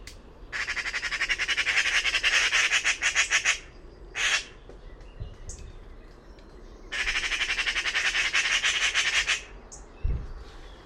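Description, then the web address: Bird squawking in two long, harsh, rasping bursts of about three seconds each, with a brief squawk and soft chirps in between. "cianscape birddata Deverinetal 2025"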